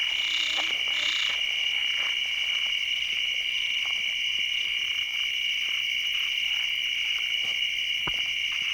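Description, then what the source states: Crickets trilling steadily and continuously, with faint scattered clicks underneath. Recorded at Guadiamar on 16 June 2006.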